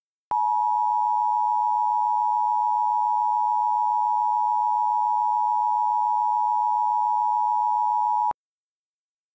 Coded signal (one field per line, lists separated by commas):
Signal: Emergency Alert System (SAME) tones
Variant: 853 and 960 Hz attention tone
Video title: EAS Mock: Feelin' Hot